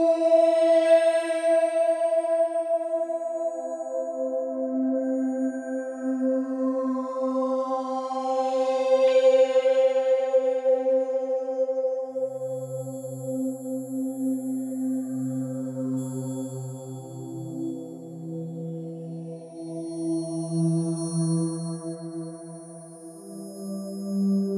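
Tibetan meditation tones ring out as sustained, layered drones with slow shimmering beats. A bright metallic swell rises near the start and again around nine seconds, then a deeper low hum enters at about twelve seconds and slowly wavers in pitch to the end.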